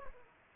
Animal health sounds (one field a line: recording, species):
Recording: mosquito wingbeat signal from an infrared sensor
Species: Culex pipiens